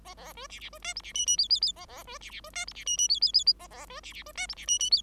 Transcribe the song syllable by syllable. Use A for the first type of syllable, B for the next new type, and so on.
A A B C C B D E C F F G G G A A B C C B D E C F F G G G G A A B C C B D E C F F G